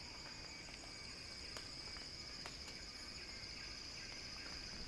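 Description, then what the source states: Cicada buzzing, a continuous shrill whine at constant pitch, with occasional sharp ticks. Cicada song described as a crescendo.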